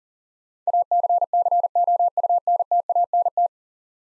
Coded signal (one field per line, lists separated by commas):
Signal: Morse code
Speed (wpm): 37 wpm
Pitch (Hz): 700 Hz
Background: none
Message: ACCOUNTANT